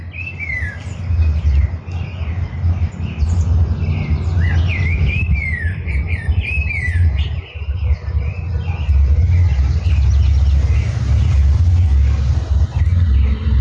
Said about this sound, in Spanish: Estamos escuchando un contrapunto de distintos pájaros. Vemos cómo uno le canta y el otro le contesta.